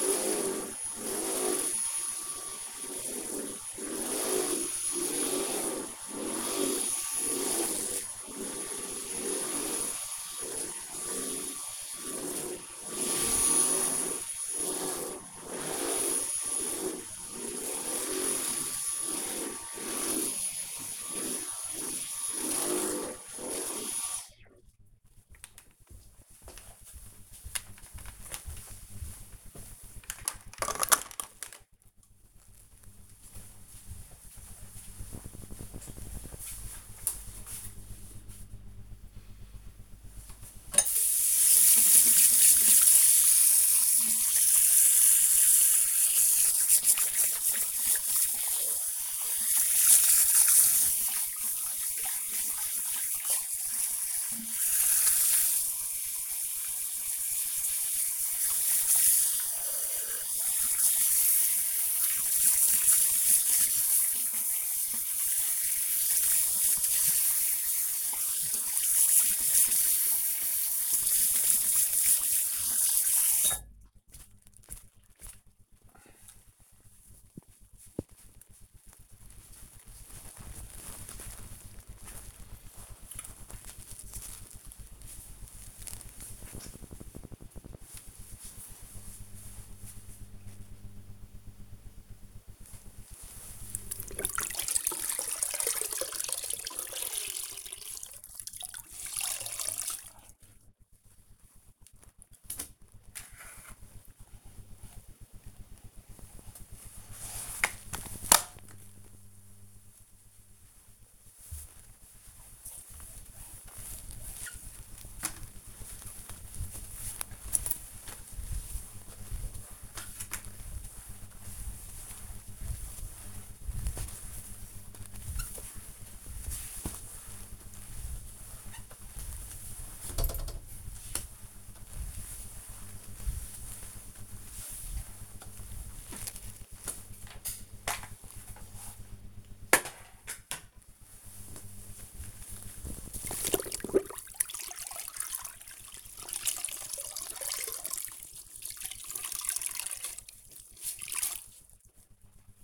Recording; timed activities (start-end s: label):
household activities, microphone on the right wrist
0.00-23.60 s: vacuum cleaning
39.68-74.84 s: washing hands
91.91-152.63 s: floor cleaning